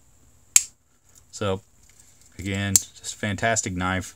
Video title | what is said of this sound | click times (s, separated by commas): Victorinox Tinker Swiss Army Knife 1.4603 | you get such a light pole but then such a great snap | 0.6 s